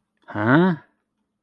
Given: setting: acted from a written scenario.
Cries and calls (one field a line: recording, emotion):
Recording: vocal sound without words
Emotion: confusion